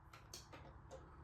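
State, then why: Seated. A plastic toy gun slides into the side of its mount under a toy helicopter wing and snaps into the top. Two sharp, bright clicks sound at 0.1 s and 0.3 s, with fainter ticks following over a low, steady background hum. The gun is seated in its mount.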